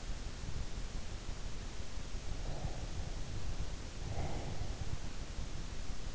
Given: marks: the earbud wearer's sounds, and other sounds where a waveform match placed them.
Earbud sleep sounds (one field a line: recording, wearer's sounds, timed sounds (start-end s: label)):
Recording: sounds in sleep by an in-ear microphone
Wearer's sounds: breath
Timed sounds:
2.39-4.99 s: breath